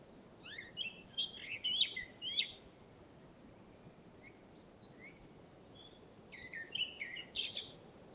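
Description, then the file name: Eurasian blackcap song in two short bursts of bright twittering warble, one at the start and one near the end, separated by a quieter stretch with a few faint notes. "Sylvia atricapilla"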